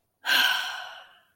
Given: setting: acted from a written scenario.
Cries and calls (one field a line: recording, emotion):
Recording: vocal sound without words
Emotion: serenity